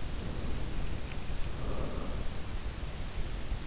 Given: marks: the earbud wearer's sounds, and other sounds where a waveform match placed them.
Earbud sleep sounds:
sounds in sleep by an in-ear microphone; breath
0.06-3.15 s: breath

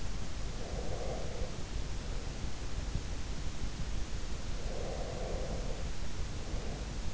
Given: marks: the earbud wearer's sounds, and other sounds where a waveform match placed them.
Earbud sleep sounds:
sounds in sleep by an in-ear microphone; breath
0.58-2.60 s: breath
4.61-7.14 s: breath

